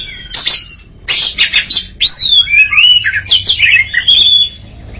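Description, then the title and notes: Greater green leafbird song, a rapid jumble of buzzy chatters and clear whistles, delivered almost continuously. Champion bird, chirping song. "Kicau Burung Cucak Ijo Juara. Suara kicauan burung cucak ijo"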